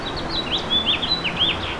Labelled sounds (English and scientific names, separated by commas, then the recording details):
House Finch (Haemorhous mexicanus) song
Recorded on Long Island, New York, on 8 May 2012
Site VS
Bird D